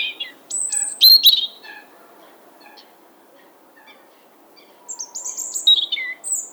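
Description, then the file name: European robin song: a short phrase of high, thin whistles and rapid trills early on, then another warbling phrase after a pause. "Erithacus rubecula"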